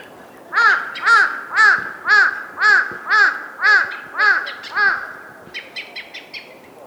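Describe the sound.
Crow cawing, about nine harsh, evenly spaced caws roughly every half second, followed by a few fainter higher calls, over steady background hiss.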